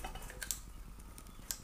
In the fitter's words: I heard it click click click so it same now